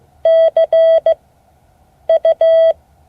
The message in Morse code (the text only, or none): CU